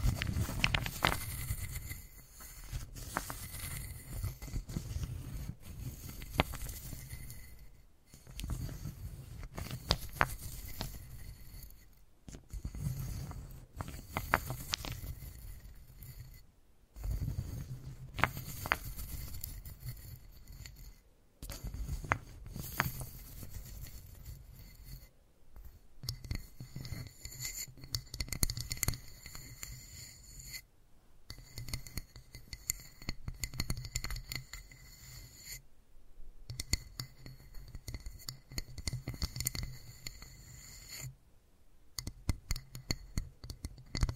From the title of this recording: Wooden Ball Triggers